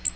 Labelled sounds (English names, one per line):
Magnolia Warbler flight call